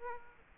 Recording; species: mosquito wingbeat signal from an infrared sensor; Aedes aegypti